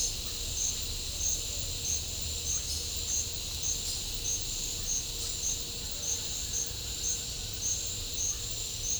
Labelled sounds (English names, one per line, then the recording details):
none
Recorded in pastures near Puerto Asís, Putumayo, Colombia, on 21 December 2024 at 09:30
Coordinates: 0.496, -76.326
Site G004